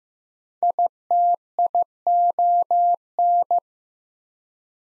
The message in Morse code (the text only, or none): ITION